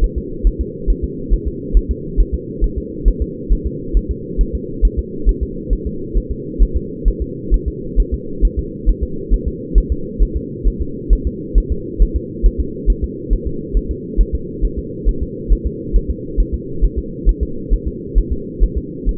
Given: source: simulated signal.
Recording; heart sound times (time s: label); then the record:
fetal heart sounds
0.04 s: S1
0.18 s: S2
0.47 s: S1
0.61 s: S2
0.90 s: S1
1.04 s: S2
1.33 s: S1
1.48 s: S2
1.77 s: S1
1.91 s: S2
2.20 s: S1
2.34 s: S2
2.64 s: S1
2.78 s: S2
3.08 s: S1
3.22 s: S2
3.52 s: S1
3.67 s: S2
3.97 s: S1
4.11 s: S2
4.41 s: S1
4.55 s: S2
4.85 s: S1
4.99 s: S2
5.29 s: S1
5.43 s: S2
5.73 s: S1
5.87 s: S2
6.17 s: S1
6.32 s: S2
6.62 s: S1
6.76 s: S2
7.08 s: S1
7.22 s: S2
7.54 s: S1
7.68 s: S2
8.00 s: S1
8.14 s: S2
8.45 s: S1
8.59 s: S2
8.89 s: S1
9.03 s: S2
9.34 s: S1
9.48 s: S2
9.78 s: S1
9.92 s: S2
10.22 s: S1
10.37 s: S2
10.68 s: S1
10.82 s: S2
11.13 s: S1
11.27 s: S2
11.58 s: S1
11.72 s: S2
12.02 s: S1
12.16 s: S2
12.46 s: S1
12.60 s: S2
12.90 s: S1
13.04 s: S2
13.33 s: S1
13.47 s: S2
13.77 s: S1
13.91 s: S2
14.21 s: S1
14.35 s: S2
14.65 s: S1
14.79 s: S2
15.09 s: S1
15.23 s: S2
15.53 s: S1
15.66 s: S2
15.96 s: S1
16.10 s: S2
16.40 s: S1
16.54 s: S2
16.84 s: S1
16.98 s: S2
17.29 s: S1
17.43 s: S2
17.73 s: S1
17.88 s: S2
18.18 s: S1
18.32 s: S2
18.64 s: S1
18.78 s: S2
19.09 s: S1
From the record:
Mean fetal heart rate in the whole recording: 135 bpm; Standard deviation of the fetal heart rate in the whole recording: 3 bpm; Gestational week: 36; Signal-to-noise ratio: -4.3 dB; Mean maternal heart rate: 72 bpm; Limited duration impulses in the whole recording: absent